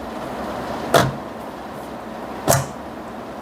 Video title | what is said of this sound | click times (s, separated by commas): 고사양 컴퓨터 조립하기 (초보가능) | 지금 보신 것처럼 딸깍 소리가 나면 정상적으로 체결이 된 거고요 | 1.0 s